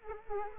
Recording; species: mosquito wingbeat signal from an infrared sensor; Culex quinquefasciatus